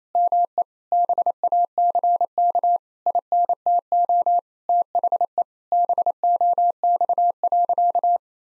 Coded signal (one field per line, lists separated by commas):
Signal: Morse code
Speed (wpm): 28 wpm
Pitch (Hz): 700 Hz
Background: none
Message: ME BACK INTO THE BOX.